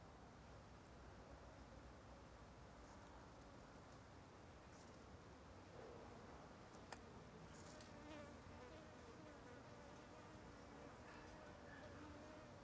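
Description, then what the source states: Fly swarm buzzing, a dense unbroken hum with shifting tones and a faint click partway through. An ambience of many flies flying over something.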